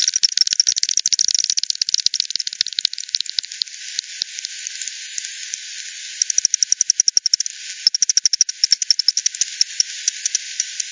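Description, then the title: Bat echolocation: fast ticking trains that fade into a quieter hiss midway, then return as sharp, evenly spaced clicks. Multiple bats at Hogsmill River, Hogsmill Lane, 7 October 2020 at 18:10; recorded with a frequency-division bat detector, bandpass filtered and resampled. "bat 20201007 T 18 : 10 Z-Hogsmill-Lane-Hogsmill-River-multiple-bats"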